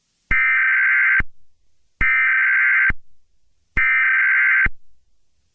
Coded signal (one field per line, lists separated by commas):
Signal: Emergency Alert System (SAME) tones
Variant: header bursts